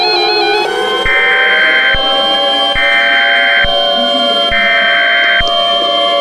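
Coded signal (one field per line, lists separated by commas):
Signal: Emergency Alert System (SAME) tones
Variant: header bursts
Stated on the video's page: Fictional EAS scenario with valid tones.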